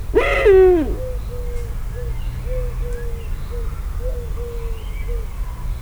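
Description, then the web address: Eurasian eagle-owl call: one loud, harmonic note sliding downward, then a series of quieter notes of varying length, about two per second, over low background rumble. Zoo animal recorded in Szeged, Hungary, in 2011. "allathangok 2011 uhu"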